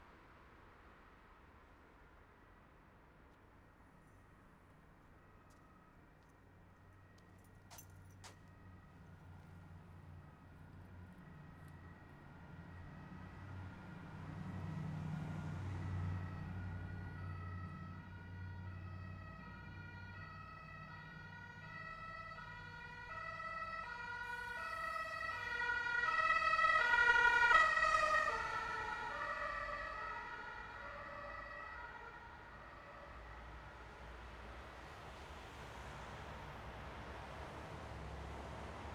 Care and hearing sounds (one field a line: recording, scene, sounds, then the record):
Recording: everyday scene through a hearing-aid microphone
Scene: in traffic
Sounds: traffic, siren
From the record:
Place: bus stop on a city main road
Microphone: behind the ear, right, rear